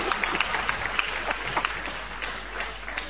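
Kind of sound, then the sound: crowd, audience applause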